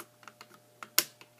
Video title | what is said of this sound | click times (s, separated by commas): Ungrownups Video Transmission: Takara/Tomy Transformers Masterpiece Soundwave MP-13 | you can actually press this in once, hear it click, press it in again, | 1.0 s